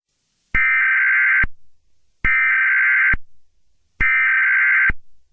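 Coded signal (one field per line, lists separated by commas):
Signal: Emergency Alert System (SAME) tones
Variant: header bursts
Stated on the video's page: Fictional EAS scenario built around an Amber Alert.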